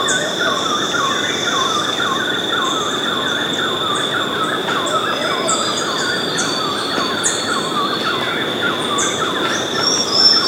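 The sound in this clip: Bird calls: rapid, repeated chirping notes in a continuous stream, with high thin twitters above and a steady high tone throughout.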